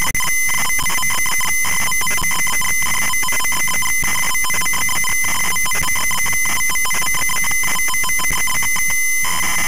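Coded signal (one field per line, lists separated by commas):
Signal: ZX Spectrum tape loading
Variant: ZX Spectrum 48K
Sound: harsh rapid buzzing warble switching between two pitches, continuous data screech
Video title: ZX Spectrum 48K - Space Raiders loading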